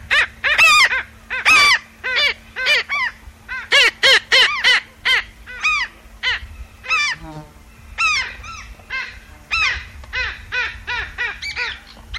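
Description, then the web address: Black skimmer barking: a dense series of nasal, arched yelps over a low constant hum. "cantos rayador"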